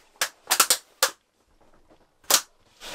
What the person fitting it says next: it just snaps into place super easy